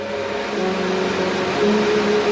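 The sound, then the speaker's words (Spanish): A limousine engine hums steadily with a low, droning tone as the car pulls up and comes to a stop at a red light on a street by Central Park, with no voices. “El auto de John Lennon se detuvo.”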